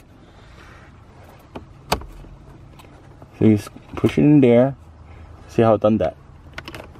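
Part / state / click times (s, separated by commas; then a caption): plastic glove box part into the dashboard glove compartment / not seated / none. While putting the glove compartment back together after a cabin filter change on a 2016-2018 Toyota Prius, a plastic glove box part is handled and pushed toward its place in the dashboard glove compartment as someone talks. A few short, sharp taps and knocks sound over quiet background noise. Nothing has seated or clicked into place yet.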